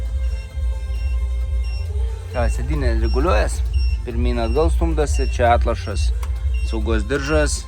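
Someone talks over background music and a steady low hum while handling the seat belt on the seat of a JURO electric tricycle, bringing its metal tongue toward the plastic buckle. The clip ends before the tongue goes home, so nothing has seated or clicked yet.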